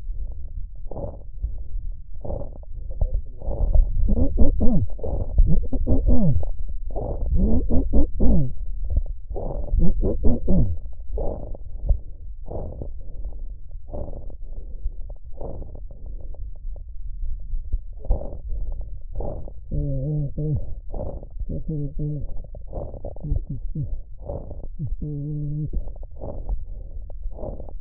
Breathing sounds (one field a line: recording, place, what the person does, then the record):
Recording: lung sounds by stethoscope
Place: trachea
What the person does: quiet breathing, then cough and speech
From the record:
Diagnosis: interstitial lung disease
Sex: male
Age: 72 years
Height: 167 cm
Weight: 74 kg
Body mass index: 26.5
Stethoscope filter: extended mode